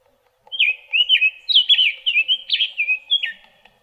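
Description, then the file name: Summer tanager delivering a steady string of caroling whistled phrases, each swooping up and down, in quiet surroundings. Arizona, 13 April 2008. "SUTA 8 deviche"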